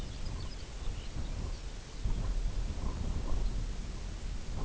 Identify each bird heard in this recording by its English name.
Lapland Longspur